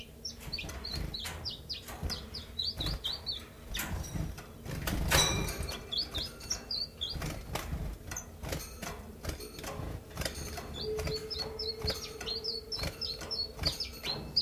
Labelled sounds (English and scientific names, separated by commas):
Common Chiffchaff (Phylloscopus collybita)